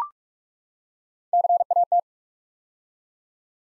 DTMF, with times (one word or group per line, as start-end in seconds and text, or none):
none